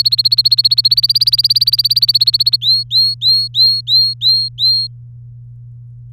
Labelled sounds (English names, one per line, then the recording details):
Domestic Canary song
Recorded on 3 May 2018 at 16:44
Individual llb3